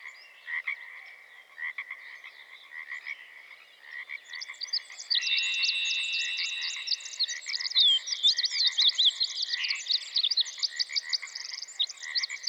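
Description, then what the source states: Pacific tree frogs in a dense chorus of short pulsed croaks, alone at first, then joined by a level whistle and a long, rapid, high-pitched bird trill. General background recording made in the Pacific Coast rainforest of western North America.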